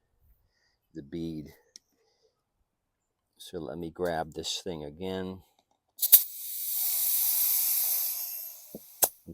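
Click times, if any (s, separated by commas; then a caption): 6.0 s. Someone talks while inflating a Husqvarna lawn tractor tire fitted with a new inner tube. At 6.0 s the tire bead seats onto the steel rim with a loud pop, followed by a steady hiss of air.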